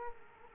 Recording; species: mosquito wingbeat signal from an infrared sensor; Culex quinquefasciatus